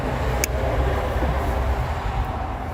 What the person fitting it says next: Now that's clicked into place.